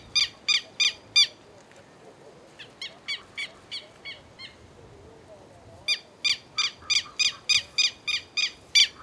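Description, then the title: Black-crested warbler repeating sharp, harsh chip notes about three per second, pausing with softer scattered notes, then resuming a longer run. "Myiothlypis Nigrocristata"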